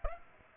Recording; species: mosquito wingbeat signal from an infrared sensor; Aedes aegypti